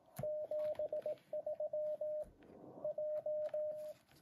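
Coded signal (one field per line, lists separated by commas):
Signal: Morse code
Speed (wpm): 18 wpm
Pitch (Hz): 610 Hz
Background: radio noise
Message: 73 J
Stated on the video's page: Morning amateur CW contact on 7 MHz by a beginner, sent with many keying errors and uncut.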